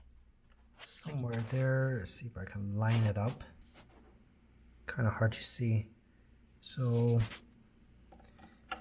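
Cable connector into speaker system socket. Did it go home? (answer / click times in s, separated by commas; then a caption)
yes / 8.7 s. A thin cable connector is lined up in poor light and pushed into the socket of a Logitech Z625 computer speaker system while someone talks. A sharp click at 8.7 s shows it has seated and is connected.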